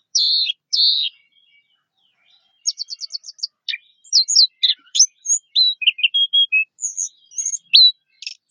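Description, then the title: Orange-headed thrush song, two rough opening notes, then a rapid ticking series and a long flow of varied high chirps, whistles and trills. "Anis Merah"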